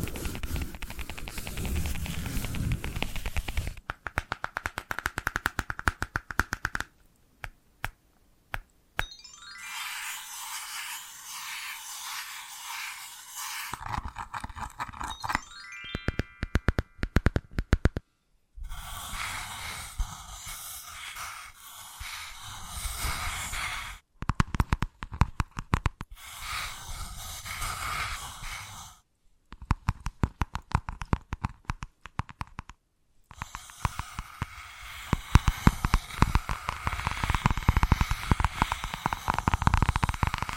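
Tapping, scratching and tracing sounds come in quick, busy bursts, often dense crackly strokes and rapid clicks. Sections change every few seconds, some bright and hissy with the low end cut away, others fuller, separated by brief near-silent gaps around 9, 18, 24 and 33 seconds.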